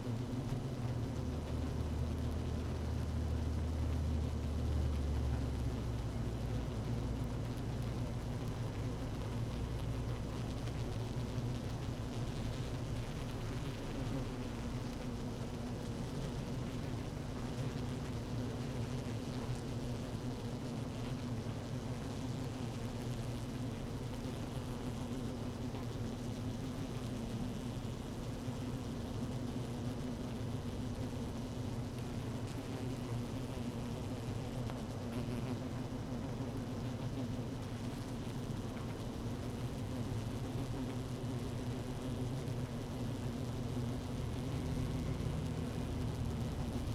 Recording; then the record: honeybee colony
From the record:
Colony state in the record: active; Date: 12 June 2018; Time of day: 17:13